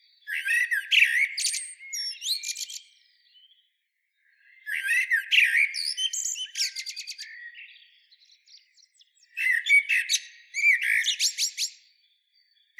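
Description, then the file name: Common blackbird singing three phrases roughly four seconds apart, each a brief warble sliding into squeaky, rapid high twitters. "Turdus merula"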